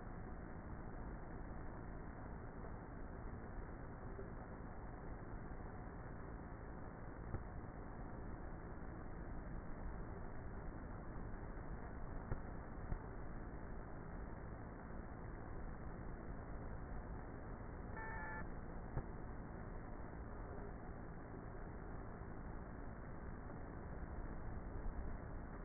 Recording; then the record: honeybee colony, microphone inside the hive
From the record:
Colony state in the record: queenless with a low population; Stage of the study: before two queens were removed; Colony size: about 30,000 bees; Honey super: no